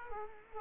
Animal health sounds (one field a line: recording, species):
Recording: mosquito wingbeat signal from an infrared sensor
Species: Culex quinquefasciatus